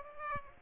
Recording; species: mosquito wingbeat signal from an infrared sensor; Aedes aegypti